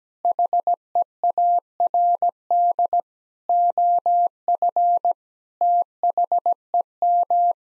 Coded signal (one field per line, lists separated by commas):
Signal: Morse code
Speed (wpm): 17 wpm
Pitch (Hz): 700 Hz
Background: none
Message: HEARD OF THEM